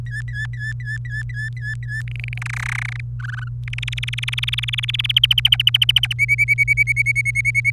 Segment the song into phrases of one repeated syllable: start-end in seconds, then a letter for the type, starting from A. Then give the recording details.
0.07-2.02 A, 2.08-2.38 B, 2.42-3.00 C, 3.20-3.48 D, 3.68-5.12 E, 5.16-6.13 F, 6.19-7.70 G. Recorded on 27 April 2018 at 16:47. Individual llb3